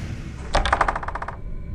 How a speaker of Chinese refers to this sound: 这是对面寝室在开门。